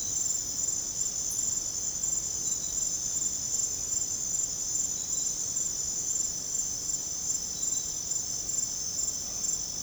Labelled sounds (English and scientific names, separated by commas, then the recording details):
none
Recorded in secondary vegetation near Puerto Asís, Putumayo, Colombia, on 20 December 2024 at 23:00
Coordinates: 0.489, -76.322
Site G059